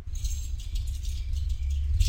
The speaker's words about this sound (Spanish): Julio juega con las llaves.